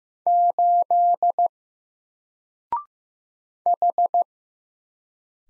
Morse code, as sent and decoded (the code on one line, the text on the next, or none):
---.. / ....
8 H